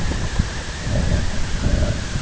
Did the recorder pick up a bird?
no